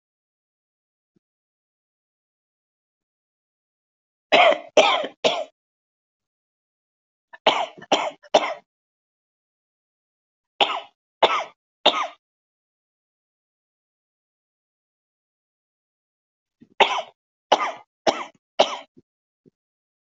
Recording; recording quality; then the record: heavy voluntary cough; excellent, no background noise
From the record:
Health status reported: respiratory illness, not identified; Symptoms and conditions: asthma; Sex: male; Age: 55 years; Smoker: not ticked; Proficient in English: yes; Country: India